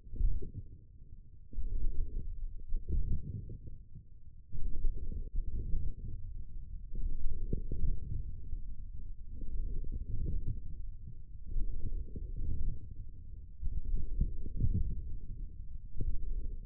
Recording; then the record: forearm muscle sounds (acoustic myography)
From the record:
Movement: forearm pronation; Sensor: system 1, eight BSWA MPA416 microphones around the upper forearm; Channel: 3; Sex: male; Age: 28 years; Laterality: right